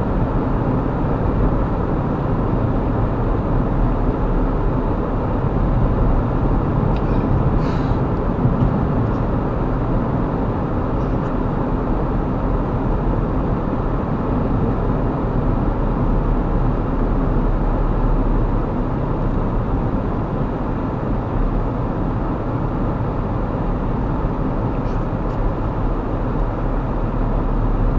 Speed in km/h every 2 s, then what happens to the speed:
55, 55, 52, 52, 53, 55, 55, 52, 50, 44, 39, 37, 37, 35.
0-13 steady at about 55. 13-28 slows to 35.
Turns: none.